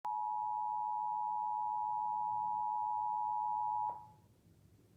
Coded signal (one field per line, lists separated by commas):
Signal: Emergency Alert System (SAME) tones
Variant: 853 and 960 Hz attention tone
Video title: EAS Catch #24: Child Abduction Emergency (4/1/20)